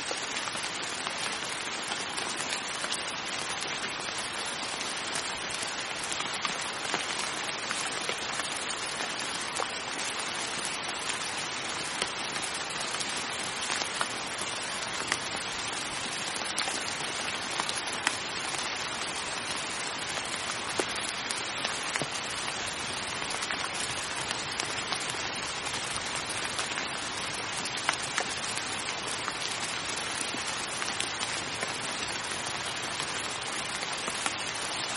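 Pure rain falls steadily and densely throughout, a close, bright hiss of countless drops with no change in intensity and no other sounds.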